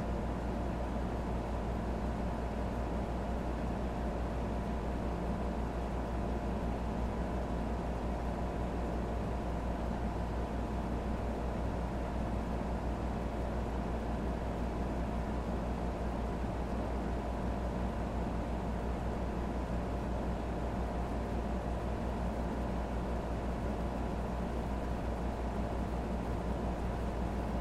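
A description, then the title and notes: A fan hums steadily throughout, a dense, unchanging low drone with faint tonal whines in the middle range and a soft airy hiss above. Fan Hum.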